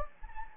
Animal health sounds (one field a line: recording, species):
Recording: mosquito wingbeat signal from an infrared sensor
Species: Anopheles gambiae